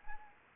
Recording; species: mosquito wingbeat signal from an infrared sensor; Anopheles arabiensis